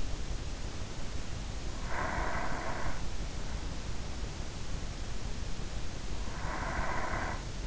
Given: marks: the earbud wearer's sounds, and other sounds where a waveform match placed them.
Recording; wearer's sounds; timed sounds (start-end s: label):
sounds in sleep by an in-ear microphone; breath
0.86-3.24 s: breath
5.83-7.67 s: breath